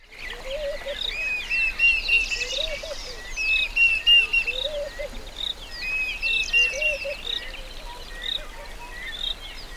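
African savanna birds calling, repeated whistled and chirping notes with a lower call recurring throughout, over steady background hiss.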